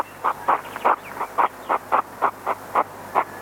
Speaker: Det här är en igelkottshane som uppvaktar en hona.